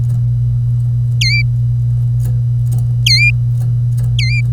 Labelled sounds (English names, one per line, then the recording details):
Domestic Canary song
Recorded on 25 April 2018 at 08:14
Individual llb3